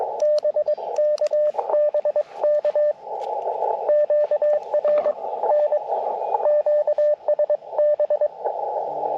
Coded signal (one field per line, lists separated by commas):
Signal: Morse code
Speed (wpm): 20 wpm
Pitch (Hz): 600 Hz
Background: radio noise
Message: BK BK QRN QSB